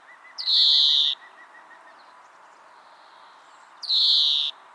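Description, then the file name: European greenfinch calls: two loud, drawn-out nasal wheezes, while a faint, lower series of evenly spaced soft notes runs beneath the first. "Chloris chloris"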